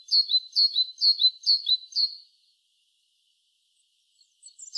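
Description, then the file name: Great tit calling: a run of five bright, high two-note phrases, each sliding downward, repeated about twice a second, then a pause and a few high notes at the end. "Parus major"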